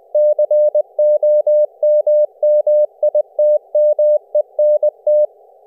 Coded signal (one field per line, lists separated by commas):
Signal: Morse code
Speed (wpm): 20 wpm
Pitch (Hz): 600 Hz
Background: none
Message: COMMITMENT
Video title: CW QSO SERVER on the ELF - LF Bands with a PI4 JackTrip HUB SERVER and multiple JackTrip HUB Clients